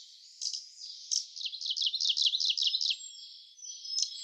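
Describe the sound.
Kamchatka leaf warbler giving a rapid rhythmic trill of sharp, down-slurred high notes, with thin whistles and chirps around it.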